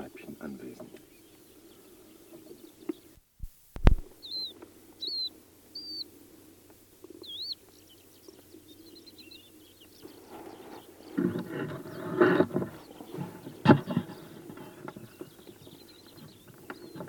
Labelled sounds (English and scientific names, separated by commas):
Asian Short-toed Lark (Calandrella cheleensis) song